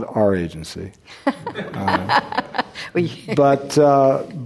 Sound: laughter